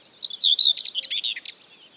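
Common whitethroat giving a quick, rasping warble, a jumble of chattery notes packed into a second and a half.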